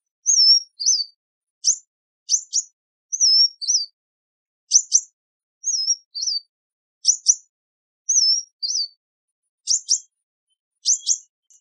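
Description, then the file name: Sunbird calling in a steady cycle of high wavy whistles and paired sharp chips, the pattern repeating several times with no other sounds. "Tieng chim hut mat"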